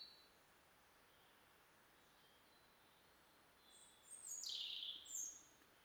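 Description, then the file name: European robin giving a short, high, thin phrase that slides downward, after a long quiet stretch of steady hiss. "Erithacus rubecula"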